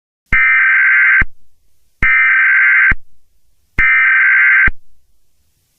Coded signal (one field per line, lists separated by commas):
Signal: Emergency Alert System (SAME) tones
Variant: header bursts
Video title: BLACK HOLE: AN MINI-EAS END OF THE WORLD SCENARIO